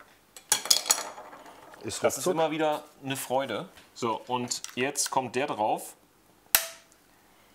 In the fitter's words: drücken das macht klick und ist irrt fertig ist die laube